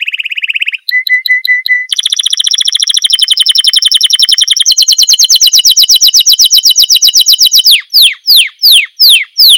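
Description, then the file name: Canary song: rapid rolling trills and steady pulsed tours of repeated notes, ending with slower high downward-sweeping whistles. "kanarini"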